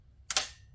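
The motherboard of a Dell PowerEdge R730 server is seated again in its chassis with the locking pin lifted, and the pin drops with a sharp click at 0.3 s, followed right after by a louder, brighter burst that trails off. The board is now locked in place so it won't move around.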